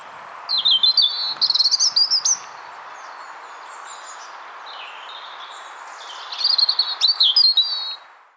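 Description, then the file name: European robin song: two thin, high, warbling phrases with quick trills, separated by a long pause. "Erithacus rubecula"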